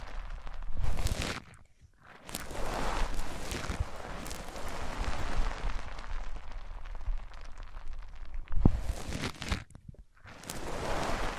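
A microphone is rubbed and scraped across different surfaces, making dense, rough scuffing that swells and fades in uneven strokes. There are short silent gaps near 2 and 10 seconds, a sharp knock around 8.7 seconds, and a low rumble underneath most passages.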